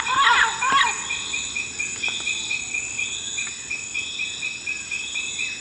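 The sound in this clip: Bird calls, two loud harsh harmonic notes at the start, then a steady high insect chorus with a few faint ticks.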